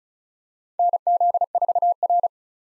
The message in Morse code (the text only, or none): NZ4R